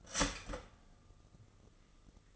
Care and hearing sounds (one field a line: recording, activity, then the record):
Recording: daily activity, microphone in the room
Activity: start toaster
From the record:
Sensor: 4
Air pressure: 996.0 hPa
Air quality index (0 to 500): 68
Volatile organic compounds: 2 ppm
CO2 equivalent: 1227 ppm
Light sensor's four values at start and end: 12/27/11/11 and 12/27/11/11